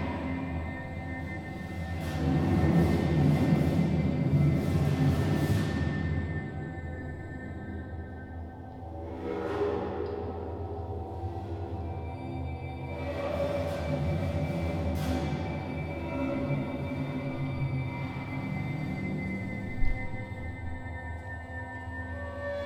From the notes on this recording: sound art being performed inside one of Mare’s old concrete munitions storage magazines leftover from World War II